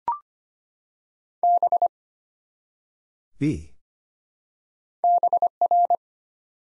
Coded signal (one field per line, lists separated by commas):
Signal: Morse code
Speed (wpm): 25 wpm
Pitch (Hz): 700 Hz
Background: none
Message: B BR